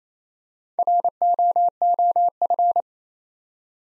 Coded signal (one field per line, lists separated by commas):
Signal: Morse code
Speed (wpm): 29 wpm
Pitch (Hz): 700 Hz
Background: none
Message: ROOF